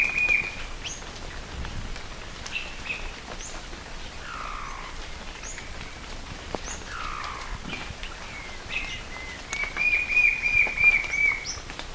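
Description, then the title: White-shouldered fire-eye song, a short fast series of level whistled notes near the end, after other birds' scattered chirps and slurred calls. "LuckyPassaro Completos2Sama. White-shouldered Fire-eye (Pyriglena leucoptera)"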